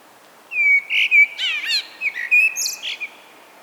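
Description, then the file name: Common blackbird singing a continuous run of liquid, fluted notes mixed with buzzy high twitters. "Turdus merula"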